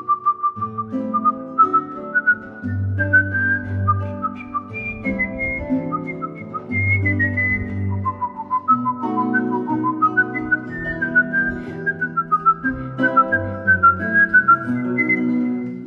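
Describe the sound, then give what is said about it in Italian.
Someone whistles a bright, flowing melody that rises and falls in clear sustained notes, carried over a steady instrumental accompaniment with low bass and chords, with no talking. “curiosità, invece utilizzo artistico come strumento di questo, appunto, di questa tua particolarità, ecco, di saper fischiare così.”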